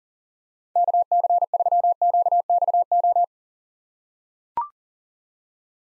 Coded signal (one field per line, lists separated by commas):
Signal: Morse code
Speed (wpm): 40 wpm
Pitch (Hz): 700 Hz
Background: none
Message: KC3QXO